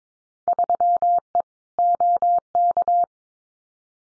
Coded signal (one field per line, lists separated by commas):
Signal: Morse code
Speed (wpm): 22 wpm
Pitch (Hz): 700 Hz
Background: none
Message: 3E OK